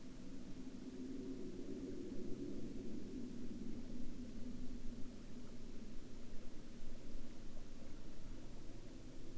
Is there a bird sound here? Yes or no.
no